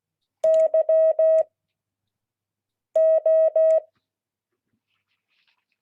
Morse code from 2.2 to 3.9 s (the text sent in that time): O